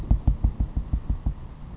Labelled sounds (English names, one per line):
Savannah Sparrow